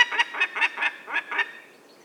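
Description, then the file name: Peregrine falcon giving a harsh, nasal cacking call, seven rapid notes about every fifth of a second, fading out at the end. "vandorsolyom hangja"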